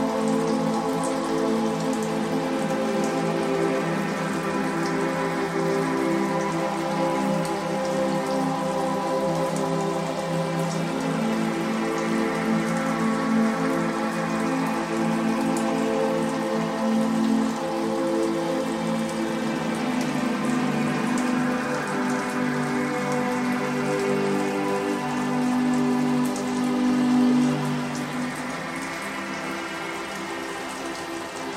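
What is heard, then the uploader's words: Raindrops patter steadily on a roof in a dense, even stream, with fine ticks spread across the top. Underneath runs a sustained, layered hum of low and middle tones that swells gently, and the whole scene softens slightly in the last few seconds. We feature the theme of coastal rain, with the gentle pitter-patter of raindrops on the roof and the soothing sounds of the ocean in the background.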